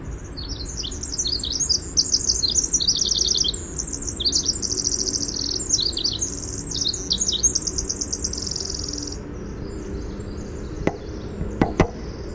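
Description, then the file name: Winter wren singing a fast, high-pitched cascade of trills and warbles for about nine seconds, then fading; a few sharp clicks follow near the end. "WIWR song"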